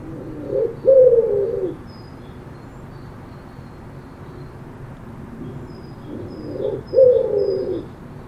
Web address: cianscape birddata Deverinetal 2025 File origin Bird Only Co Pa